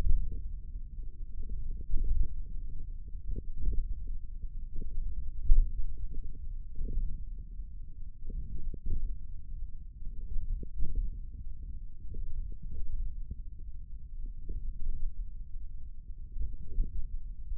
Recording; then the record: forearm muscle sounds (acoustic myography)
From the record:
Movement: index flexion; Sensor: system 1, eight BSWA MPA416 microphones around the upper forearm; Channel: 5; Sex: male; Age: 28 years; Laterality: right